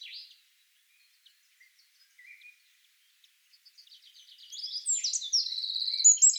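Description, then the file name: Eurasian wren song: mostly quiet with scattered faint high notes, then a sudden loud, fast trill and squeaky high phrases over the last two seconds. "Troglodytes troglodytes"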